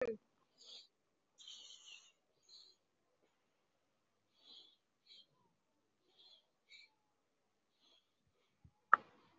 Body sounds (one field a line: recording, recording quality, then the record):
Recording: shallow breathing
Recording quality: excellent, no background noise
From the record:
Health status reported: respiratory illness, not identified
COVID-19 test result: negative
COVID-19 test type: RT-PCR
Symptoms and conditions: cough, cold, breathing difficulty, asthma, chronic lung disease, pneumonia, hypertension, diabetes, ischaemic heart disease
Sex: male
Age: 67 years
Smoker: yes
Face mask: worn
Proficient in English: yes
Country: India